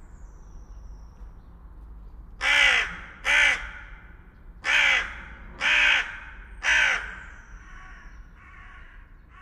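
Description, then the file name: Carrion crow cawing five times, harsh rasping caws spaced about a second apart, with faint other bird calls in the background. "Corvus corone"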